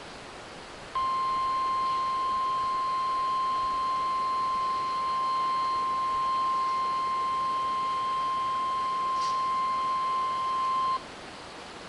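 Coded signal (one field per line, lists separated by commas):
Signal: Emergency Alert System (SAME) tones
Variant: 1050 Hz attention tone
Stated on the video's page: Required Weekly Test received on a WR-100 weather radio.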